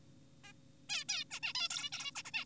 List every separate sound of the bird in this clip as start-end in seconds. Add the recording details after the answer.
0.44-0.53, 0.90-1.04, 1.09-1.24, 1.31-1.40, 1.43-1.53, 1.55-1.68, 1.70-1.90, 1.92-2.12, 2.16-2.22, 2.25-2.31, 2.34-2.45. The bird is an adult. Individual g4p5U